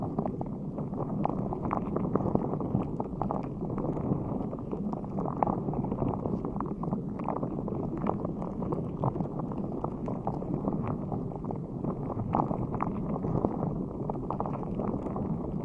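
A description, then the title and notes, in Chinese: Underwater sound near the seabed: a dense, steady low rumble fills the clip without pause, muffled and dark, with almost nothing bright above it. Faint clicks and crackles flicker through the murk every second or so, and the overall loudness stays even throughout. 带你聆听海底的声音。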